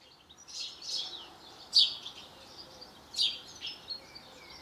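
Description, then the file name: House sparrow uttering a few hoarse chirps, spaced irregularly. "Passer domesticus"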